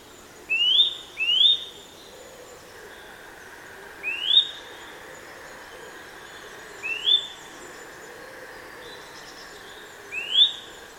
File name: Sitta europaea